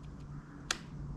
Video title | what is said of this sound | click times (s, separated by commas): Reximex Lyra review-Big Dan's Airguns. | it up it will slide in and you get one last little click when it's right in position | 0.7 s